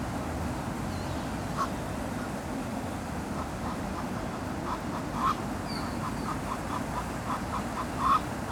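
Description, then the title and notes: Duck giving a run of repeated quacks over constant fountain noise, with a couple of louder quacks standing out. Ducks at the Ixelles ponds (Les étangs d'Ixelles), Brussels, Belgium, recorded beside a fountain. "Av. du Général de Gaulle 21, 1050 Ixelles, Belgique - Ducks and Fountain. Ducks speech and foutain at Les étangs d'Ixelles"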